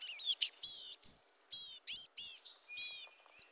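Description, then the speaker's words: Blue-gray gnatcatcher scolding calls, a quick series of nasal, buzzy high notes. Scolding call given while foraging in the forest canopy; a common summer resident across much of the U.S. and Mexico. "The tiny songbirds make a scolding call as they forage in the forest canopy."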